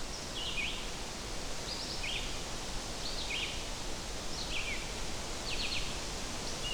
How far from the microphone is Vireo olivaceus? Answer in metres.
about 60 m